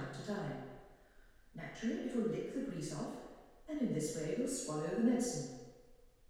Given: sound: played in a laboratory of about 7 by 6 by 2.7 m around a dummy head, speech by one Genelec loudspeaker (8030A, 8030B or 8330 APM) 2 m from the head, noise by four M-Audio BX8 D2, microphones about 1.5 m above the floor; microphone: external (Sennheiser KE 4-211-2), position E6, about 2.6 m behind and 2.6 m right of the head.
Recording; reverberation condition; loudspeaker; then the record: female speech in English; high; 30 degrees to the right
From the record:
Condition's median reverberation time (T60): about 1300 ms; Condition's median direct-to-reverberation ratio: about -4.0 dB